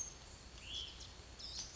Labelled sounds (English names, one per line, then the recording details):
Hutton's Vireo
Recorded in Sonoma County, California